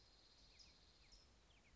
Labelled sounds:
California Towhee

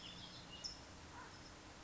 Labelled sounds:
California Towhee

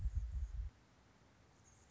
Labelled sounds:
Anna's Hummingbird

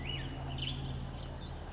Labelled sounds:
Black-headed Grosbeak

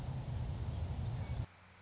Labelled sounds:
Orange-crowned Warbler

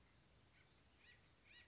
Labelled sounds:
Acorn Woodpecker

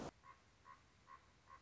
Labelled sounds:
Common Raven

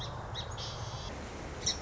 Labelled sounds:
Song Sparrow

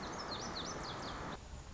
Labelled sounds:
Lazuli Bunting

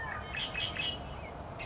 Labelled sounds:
Red-winged Blackbird

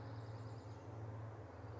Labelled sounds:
Chestnut-backed Chickadee

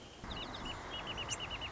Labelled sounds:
Wrentit

